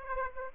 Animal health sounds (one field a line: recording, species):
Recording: mosquito wingbeat signal from an infrared sensor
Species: Aedes aegypti